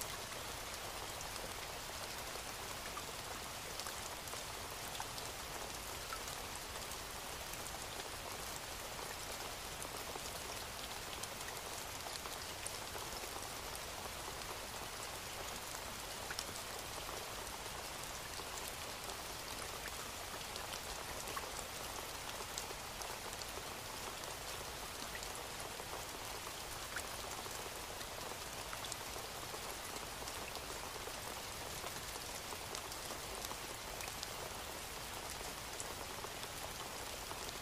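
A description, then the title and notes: Rain falls steadily and evenly throughout, a dense hiss of countless drops with crisp, bright pattering on a nearby surface. The level holds constant with no breaks or gusts, only tiny individual drop ticks scattered through the wash, and little low rumble underneath. Tranquil Rain Sounds. Calming and tranquil nature rain sound.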